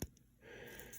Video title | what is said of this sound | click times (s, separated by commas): Demi trainer build part 3 | just until we hear the The Click into place | 0.0 s